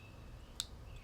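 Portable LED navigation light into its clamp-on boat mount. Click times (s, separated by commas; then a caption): 0.6 s. A portable Attwood LED navigation light is pushed into its plastic clamp-on mount for a jon boat. A single sharp click sounds at 0.6 s over faint background noise. The light seats and locks into the mount.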